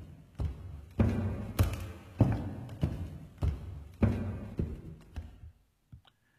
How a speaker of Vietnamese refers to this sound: Lão đi khắp cả căn nhà. Tiếng bước chân của lão cứ lộp cộp vang lên, nghe cứ như là tiếng tử thần đang đòi mạng của ba anh em.